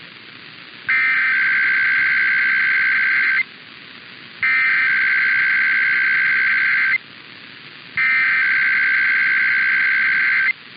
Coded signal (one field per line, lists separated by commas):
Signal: Emergency Alert System (SAME) tones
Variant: header bursts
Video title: EAS #82-84 - IPAWS Weekly Tests (1/15/24)